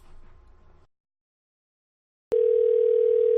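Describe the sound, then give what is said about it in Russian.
A faint low rumble cuts to silence, then a sharp click opens a loud, steady, unbroken telephone dial tone at a single mid pitch that holds to the end, heard while placing a phone call. “Подожди, я подумаю, сейчас перезвоню, подожди.”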